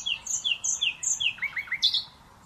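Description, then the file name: Common nightingale song: a run of evenly spaced high whistled notes, then three quick lower swooping chirps and a final high buzzy note. "Luscinia megarhynchos"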